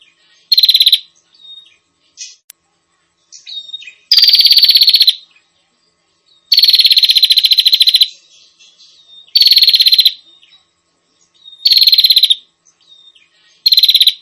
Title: Suara Prenjak Ribut Buat Pikat Burung Prenjak Kepala Merah Prenjak Tamu